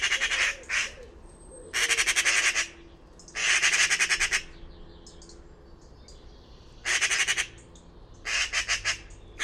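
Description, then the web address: Bird with coarse, buzzy squawking bursts, each a quick train of pulses, recurring at irregular intervals with faint calls between. "cianscape birddata Deverinetal 2025"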